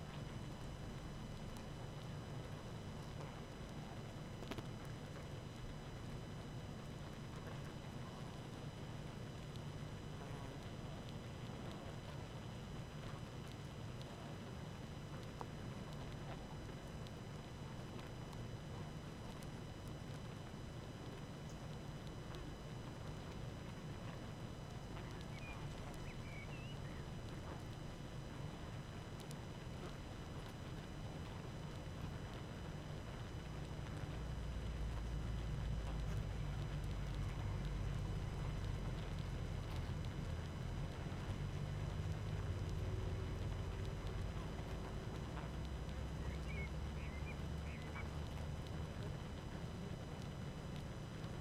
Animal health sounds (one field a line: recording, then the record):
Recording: honeybee colony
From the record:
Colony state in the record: active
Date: 12 June 2018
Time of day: 18:49